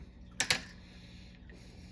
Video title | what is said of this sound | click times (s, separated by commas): Super Rooster Tails - Build Your Own Rooster Tail Lures at Home | 4 till you hear it pop. | 0.4 s, 0.5 s